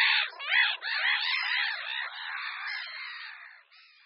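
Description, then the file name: Black-headed gull calls, a dense stream of harsh, rasping cries that fade slightly toward the end. "Racek-chechtavý"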